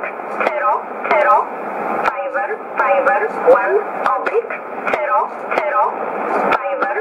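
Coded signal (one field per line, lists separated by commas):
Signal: numbers station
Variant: E11, English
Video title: 25 08 2015 Numbers Station E11 in English 1925 on 11581 USB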